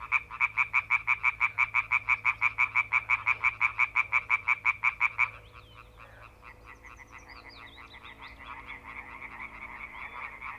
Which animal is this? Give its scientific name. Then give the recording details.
Hyla arborea. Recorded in the wild. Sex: group. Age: adult. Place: Brodowin, Brandenburg, DE. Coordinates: 52.9106, 13.9614. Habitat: pond. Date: 1966-05-01 19:45. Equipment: R 20/2. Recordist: Schubert, Michael. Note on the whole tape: Feldtümpel bei Brodowin: Konzert von ca. 50 Exemplaren. Sehr gute Aufnahme